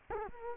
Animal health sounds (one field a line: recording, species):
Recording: mosquito wingbeat signal from an infrared sensor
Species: Culex quinquefasciatus